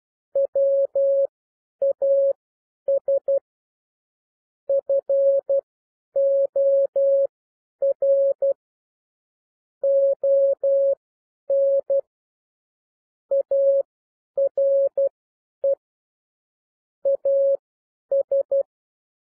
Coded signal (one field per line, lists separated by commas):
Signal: Morse code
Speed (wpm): 12 wpm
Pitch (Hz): 550 Hz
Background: none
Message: WAS FOR ON ARE AS